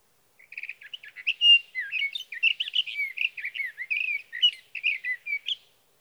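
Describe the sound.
Sage thrasher song: a fast stream of mixed warbles, trills and slurred whistles running unbroken for about five seconds with no other sounds.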